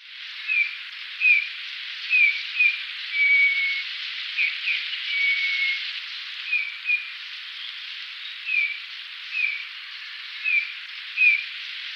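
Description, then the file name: Eurasian bullfinch giving soft, short descending whistles, repeated every second or so, with a couple of longer level piping notes, over a steady hiss. "gimpel"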